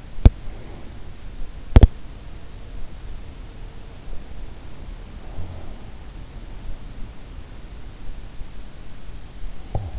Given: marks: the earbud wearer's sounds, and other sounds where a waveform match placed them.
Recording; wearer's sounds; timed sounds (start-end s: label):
sounds in sleep by an in-ear microphone; teeth grinding, snoring breath
0.00-2.21 s: teeth grinding
9.51-9.99 s: snoring breath